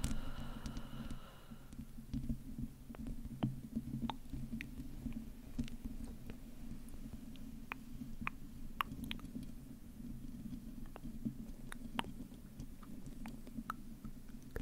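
Slow mic scratching makes a steady low rumble throughout, dotted with sharp, irregular tongue clicks every second or so, plus a brief tonal trace early on.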